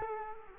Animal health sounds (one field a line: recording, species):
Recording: mosquito wingbeat signal from an infrared sensor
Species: Culex quinquefasciatus